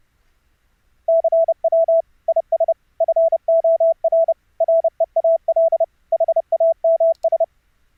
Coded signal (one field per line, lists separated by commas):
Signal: Morse code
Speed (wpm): 29 wpm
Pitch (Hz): 660 Hz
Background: none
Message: CW IS FOR REAL HAMS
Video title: Extremely low bit rate experiment with the OPUS CODEC for Morse Code Audio Over IP